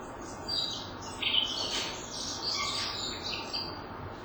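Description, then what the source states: Dark-sided Flycatcher uttering a quick string of high, sibilant chirps and twitters throughout, uneven in rhythm, over a steady hissing background. Very rarely heard bird; only one chance to record it in over 50 years of recording; faint, hard-to-hear voice.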